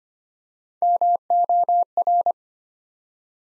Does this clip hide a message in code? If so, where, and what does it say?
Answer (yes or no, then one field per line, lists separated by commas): yes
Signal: Morse code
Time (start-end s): 0.8-2.3 s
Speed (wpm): 25 wpm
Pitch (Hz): 700 Hz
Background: none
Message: MOR